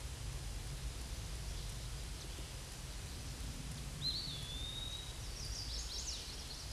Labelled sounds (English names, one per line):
Eastern Wood-Pewee song